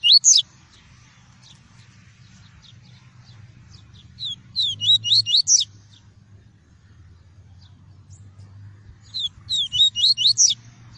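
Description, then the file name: Double-collared seedeater singing bursts of fast, high, looping whistled notes roughly every five seconds, with soft low background rumble. "tui-tui" song variety. "canto do papa capim tui tui"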